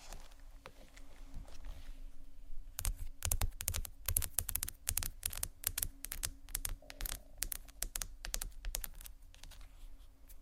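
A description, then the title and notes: Fingers tap and scratch on a textured bag in quick, uneven bursts, sharp clicky hits that sound a lot like typing. The first two seconds are sparse and soft, then dense tapping runs from about three seconds to the end over a faint steady hum. ASMR TEXTURED BAGS TAP & SCRATCH (No Talking).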